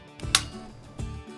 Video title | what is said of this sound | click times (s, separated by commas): How to Reset Timer - LifeSource Premiere Series 2250 Filter | You'll hear the gear click into place. | 0.4 s